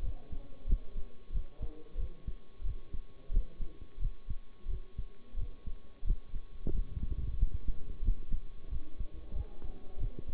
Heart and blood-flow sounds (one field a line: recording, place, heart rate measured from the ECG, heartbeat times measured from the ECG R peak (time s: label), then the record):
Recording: heart sounds by stethoscope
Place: between the tricuspid and mitral areas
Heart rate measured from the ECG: 90 bpm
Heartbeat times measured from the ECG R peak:
0.01 s: heartbeat
0.67 s: heartbeat
1.32 s: heartbeat
1.97 s: heartbeat
2.63 s: heartbeat
3.31 s: heartbeat
3.99 s: heartbeat
4.67 s: heartbeat
5.36 s: heartbeat
6.04 s: heartbeat
6.72 s: heartbeat
7.37 s: heartbeat
8.02 s: heartbeat
8.69 s: heartbeat
9.33 s: heartbeat
9.98 s: heartbeat
From the record:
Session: bicycle stress test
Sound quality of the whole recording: good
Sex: male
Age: 23 years